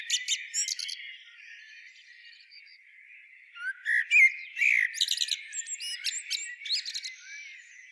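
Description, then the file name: Common blackbird, high twittering squeaks at the start, a quiet gap, then louder fluty notes and scratchy twitters from about four seconds. "Turdus merula"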